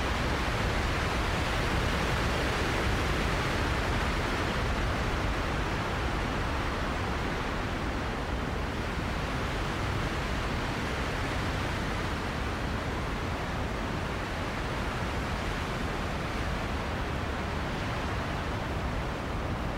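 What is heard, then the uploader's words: Strong winter wind roars steadily and densely for the whole stretch, a thick, low-heavy rush with faint swells, never pausing or easing. Strong Winter Wind.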